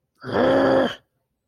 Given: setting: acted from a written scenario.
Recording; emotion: vocal sound without words; anger